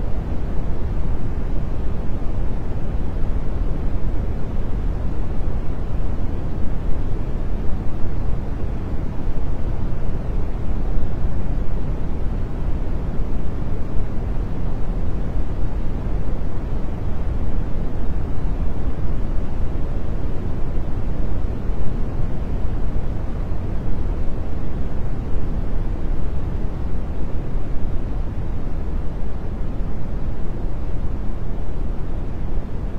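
Smoothed brown noise runs without change for the whole stretch, a dense, even rumble weighted heavily toward the low end. The top is soft and muffled, with no separate events, like an engine or surf.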